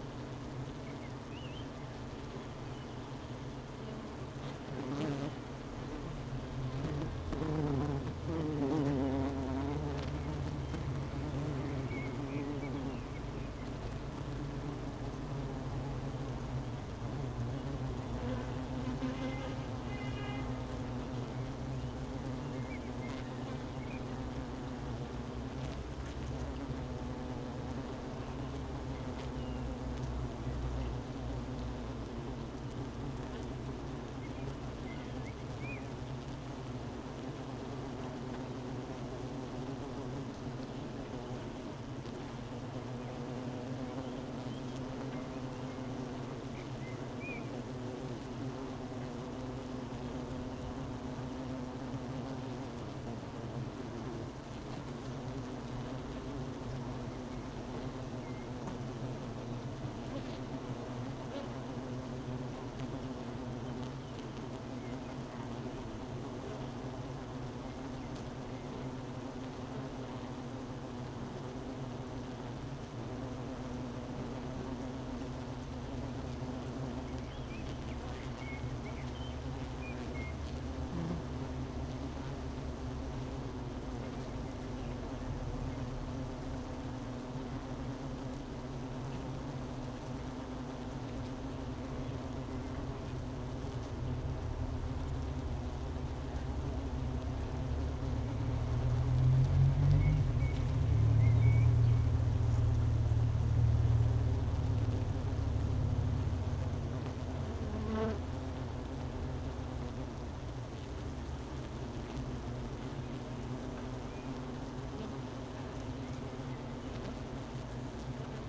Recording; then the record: honeybee colony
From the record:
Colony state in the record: missing queen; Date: 31 May 2018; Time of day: 12:16